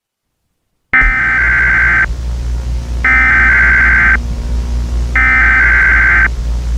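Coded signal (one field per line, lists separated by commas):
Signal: Emergency Alert System (SAME) tones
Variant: header bursts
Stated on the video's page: Unfinished fictional scenario in stereo audio, with sounds possibly on the left or right channels.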